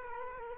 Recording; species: mosquito wingbeat signal from an infrared sensor; Culex quinquefasciatus